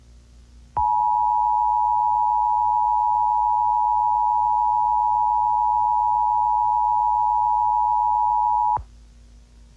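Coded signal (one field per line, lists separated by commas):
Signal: Emergency Alert System (SAME) tones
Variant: 853 and 960 Hz attention tone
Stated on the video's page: Fictional scenario about a comet impact using valid alert tones assembled from others' clips.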